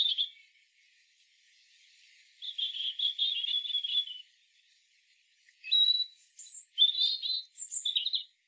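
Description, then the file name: European robin song opening with a high note, then a sustained thin rattling trill, a pause, and a run of sharp rising and falling whistled notes. "Erithacus rubecula"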